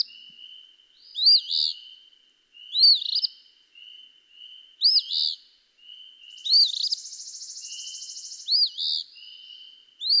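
Eastern phoebe song: a high, raspy two-part phrase repeated several times, with a softer buzzy hum between phrases and a longer buzzy burst midway.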